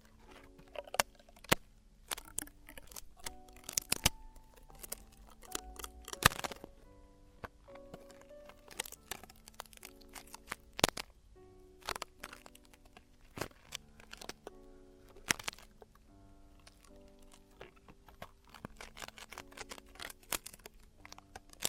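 Traditional Chinese ear cleaning and earwax removal: sharp crackles, scrapes and snips arrive irregularly, often several per second, with a few louder cracks standing out. Faint, steady tones and a low murmur hold underneath throughout.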